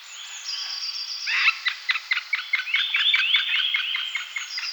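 Middle Spotted Woodpecker calls: a rapid series of short, sharp notes, with thin, drawn-out whistles behind.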